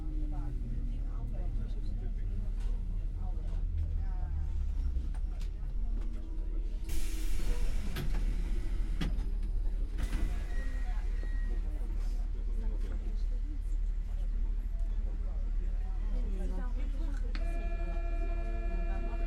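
Inside a moving train, quiet chatter murmurs over a constant low rumble, with a hissing surge near seven seconds and a steady tone near the end.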